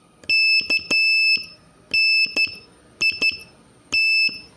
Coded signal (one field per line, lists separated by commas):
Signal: Morse code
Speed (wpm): 11 wpm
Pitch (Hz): 2650 Hz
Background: none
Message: KNIT